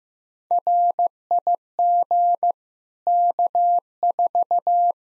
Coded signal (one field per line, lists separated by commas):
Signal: Morse code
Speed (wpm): 16 wpm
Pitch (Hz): 700 Hz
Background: none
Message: RIG K4